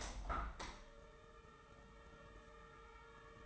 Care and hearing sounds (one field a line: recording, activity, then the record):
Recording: daily activity, microphone in the room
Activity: open window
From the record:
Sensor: 3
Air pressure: 999.8 hPa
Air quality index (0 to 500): 218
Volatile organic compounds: 78 ppm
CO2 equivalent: 3591 ppm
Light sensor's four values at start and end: 9/22/9/9 and 10/22/9/9